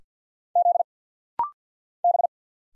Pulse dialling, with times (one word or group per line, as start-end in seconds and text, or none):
none